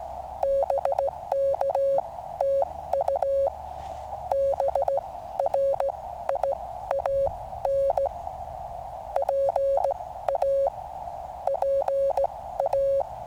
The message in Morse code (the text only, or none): BKTU BRIAN PA PA